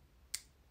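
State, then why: Seated. A Begg Knives Steelcraft Mini Glimpse folding pocketknife with a titanium and carbon fiber handle has its blade deployed, and the lock engages with a single soft, short click at 0.4 s against near silence. The blade locks open very gently, almost silently.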